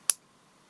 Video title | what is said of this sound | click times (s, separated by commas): REVIEW: Rolex Explorer 214270 39mm | So when you push it in, it just nicely clicks back in. | 0.1 s